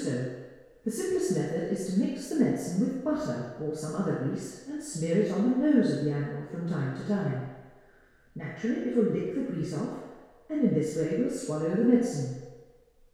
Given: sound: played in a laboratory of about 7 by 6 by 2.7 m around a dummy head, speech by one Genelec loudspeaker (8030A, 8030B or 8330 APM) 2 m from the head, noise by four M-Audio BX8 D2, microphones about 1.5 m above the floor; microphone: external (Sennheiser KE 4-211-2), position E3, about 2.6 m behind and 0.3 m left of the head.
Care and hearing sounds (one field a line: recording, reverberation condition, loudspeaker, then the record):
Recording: female speech in English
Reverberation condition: high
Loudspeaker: behind (180 degrees)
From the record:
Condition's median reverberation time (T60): about 1300 ms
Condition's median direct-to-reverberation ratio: about -4.0 dB